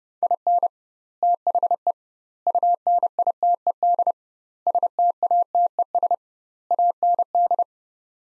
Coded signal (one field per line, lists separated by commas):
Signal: Morse code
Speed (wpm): 32 wpm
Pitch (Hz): 700 Hz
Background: none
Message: IN THE UNITED STATES AND